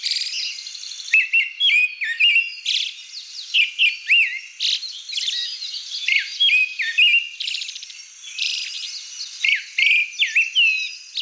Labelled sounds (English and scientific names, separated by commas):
Pale Thrush (Turdus pallidus) song